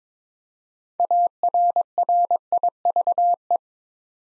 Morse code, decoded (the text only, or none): ARRIVE